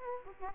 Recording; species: mosquito wingbeat signal from an infrared sensor; Aedes aegypti